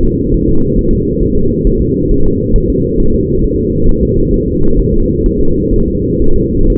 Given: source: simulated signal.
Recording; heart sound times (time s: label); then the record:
fetal heart sounds
0.04 s: S2
0.34 s: S1
0.49 s: S2
0.79 s: S1
0.93 s: S2
1.23 s: S1
1.37 s: S2
1.67 s: S1
1.81 s: S2
2.11 s: S1
2.26 s: S2
2.56 s: S1
2.70 s: S2
3.00 s: S1
3.14 s: S2
3.44 s: S1
3.59 s: S2
3.89 s: S1
4.03 s: S2
4.34 s: S1
4.48 s: S2
4.80 s: S1
4.94 s: S2
5.26 s: S1
5.41 s: S2
5.74 s: S1
5.88 s: S2
6.22 s: S1
6.36 s: S2
6.70 s: S1
From the record:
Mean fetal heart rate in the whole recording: 130 bpm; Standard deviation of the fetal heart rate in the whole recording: 4 bpm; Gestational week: 38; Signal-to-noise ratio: -17.7 dB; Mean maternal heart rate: 72 bpm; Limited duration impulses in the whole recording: present